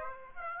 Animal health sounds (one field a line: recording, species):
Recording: mosquito wingbeat signal from an infrared sensor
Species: Aedes aegypti